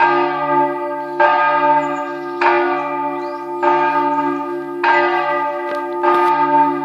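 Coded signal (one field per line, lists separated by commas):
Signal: bell signal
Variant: swinging church bell (distesa)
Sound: a single church bell swinging, striking about every 1.2 seconds, six strikes heard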